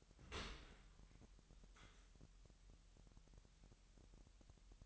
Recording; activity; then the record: daily activity, microphone in the room; open dishwasher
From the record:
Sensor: 3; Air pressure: 998.3 hPa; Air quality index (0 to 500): 147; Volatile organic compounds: 5 ppm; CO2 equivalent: 1758 ppm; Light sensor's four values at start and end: 14/40/16/15 and 14/40/16/15